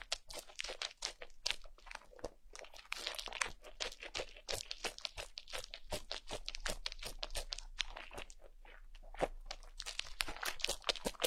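An ear massage, heard as dense, crackly rubbing and crunching sounds that continue without pause. Sharp crisp clicks and crinkles come several times a second at an irregular pace, with smoother swishing strokes swelling in around the third and eighth seconds.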